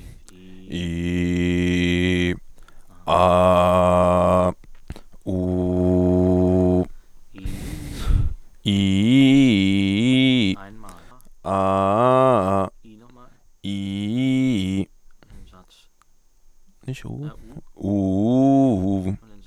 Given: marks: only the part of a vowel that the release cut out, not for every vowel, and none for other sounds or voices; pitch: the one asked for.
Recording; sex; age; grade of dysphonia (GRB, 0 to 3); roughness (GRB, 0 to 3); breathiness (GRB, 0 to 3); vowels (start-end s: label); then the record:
sustained vowels; male; 20 to 29 years; 0; 0; 0
0.83-2.26 s: vowel /i/, low pitch
3.20-4.42 s: vowel /a/, low pitch
5.37-6.76 s: vowel /u/, low pitch
11.56-12.60 s: vowel /a/, low-high-low pitch
13.72-14.63 s: vowel /i/, low-high-low pitch
17.94-18.98 s: vowel /u/, low-high-low pitch
From the record:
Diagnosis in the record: healthy voice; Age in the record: 22 years